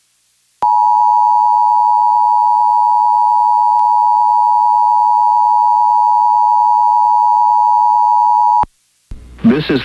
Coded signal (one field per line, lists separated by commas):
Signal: Emergency Alert System (SAME) tones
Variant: 853 and 960 Hz attention tone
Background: speech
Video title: EAS #55 KBNR-FM Required Weekly Test